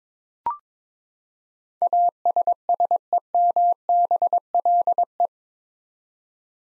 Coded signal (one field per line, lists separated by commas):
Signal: Morse code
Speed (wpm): 22 wpm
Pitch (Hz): 700 Hz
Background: none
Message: ASSEMBLE